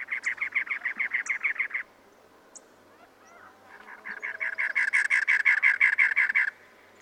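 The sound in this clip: Cactus wren giving two bouts of grating, rhythmic chug notes, the second bout swelling louder and lasting longer after a short pause.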